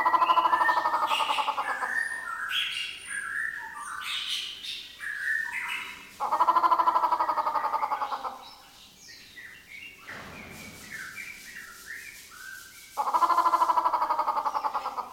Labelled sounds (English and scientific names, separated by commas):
Grey Peacock-Pheasant (Polyplectron bicalcaratum)